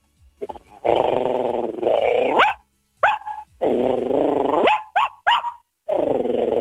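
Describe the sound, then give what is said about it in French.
A voice imitates a big dog's deep, drawn-out growls, broken up by short, higher yappy barks like a tiny dog. The sounds are loud and alternate in bursts with brief pauses. “C'est marrant parce que c'est un grognement de gros chien et un aboiement de ouais. Tout petit chien.”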